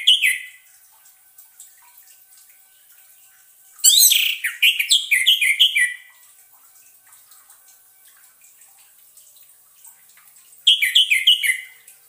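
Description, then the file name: Orange-headed thrush giving three separate bursts of song several seconds apart, each a fast cascade of descending chirpy whistles, with quiet gaps between. Orange-headed thrush (anis merah) song used as a lure recording, intended to keep a bird from becoming stressed. "suara pancingan burung anis merah agar tidak stress"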